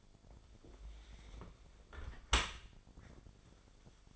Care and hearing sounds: daily activity, microphone in the room; close dishwasher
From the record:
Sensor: 5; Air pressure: 1006.8 hPa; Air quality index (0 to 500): 180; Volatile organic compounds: 5 ppm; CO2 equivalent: 1724 ppm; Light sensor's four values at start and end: 53/149/58/58 and 51/144/56/57

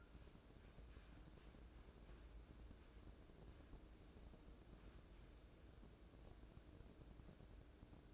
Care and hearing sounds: daily activity, microphone in the room; wipe stove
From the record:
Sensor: 2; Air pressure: 1012.2 hPa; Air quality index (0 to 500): 156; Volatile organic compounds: 2 ppm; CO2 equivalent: 1142 ppm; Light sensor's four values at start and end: 442/1130/432/455 and 442/1126/431/454

